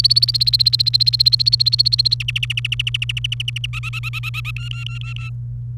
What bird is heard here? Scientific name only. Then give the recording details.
Serinus canaria. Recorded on 28 April 2018 at 11:50. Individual llb3